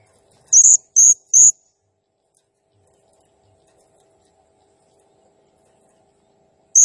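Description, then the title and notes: Blue-crowned hanging parrot giving three quick very high buzzy notes, then a long silence before another note. Singing energetically (gacor, nembak style); recording used as masteran (training sound) and lure for birds, said to stir up all birds. "Burung Serindit Nembak Gacor Bikin Emosi Semua Burung. Suara Nasteran Dan Pemikat Burung Serinditan Gacor"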